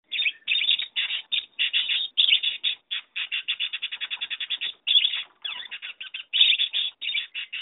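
Budgerigar chattering in a fast, continuous stream of raspy, high chirps and squawks, packed several to the second with barely any pause.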